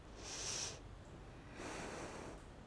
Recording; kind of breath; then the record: one breath in and out by a microphone near the nose and mouth; deep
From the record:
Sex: female